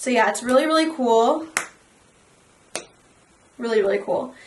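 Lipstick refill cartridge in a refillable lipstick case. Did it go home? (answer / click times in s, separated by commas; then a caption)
released / 2.8 s. Someone talks, then the bottom of a refillable lipstick case is twisted to release the plastic refill bullet. One sharp snap is heard at 2.8 seconds as the refill cartridge releases from the case, followed by more talking.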